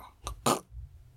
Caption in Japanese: 俺が寝てる時にこう本当危ないんだけど、呼吸してない時があるっていう風にうちの妻が言ってたね。 こーって言って、。 あーガってなるやつだ、しばらく息してないって言ってて。 睡眠時無呼吸症候群。